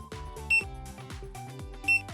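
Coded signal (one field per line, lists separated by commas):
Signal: beep code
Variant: Daikin air conditioner remote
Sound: two short high beeps about 1.4 seconds apart over background music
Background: background music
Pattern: 2 short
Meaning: A short beep means the displayed fault code is not present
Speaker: Un bip court signifie que le code affiché n'est pas présent sur l'installation. En revanche, un bip long indique que le code défaut est bien présent.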